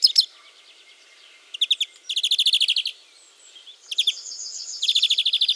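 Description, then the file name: European greenfinch calling in repeated rapid trills, short bursts of a few notes alternating with longer chattering runs. "Chloris chloris"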